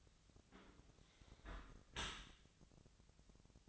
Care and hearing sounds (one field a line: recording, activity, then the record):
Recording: daily activity, microphone in the room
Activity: close dishwasher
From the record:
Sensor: 3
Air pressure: 1003.1 hPa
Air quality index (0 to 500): 199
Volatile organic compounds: 6 ppm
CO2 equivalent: 1939 ppm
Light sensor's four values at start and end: 34/85/36/39 and 35/85/37/40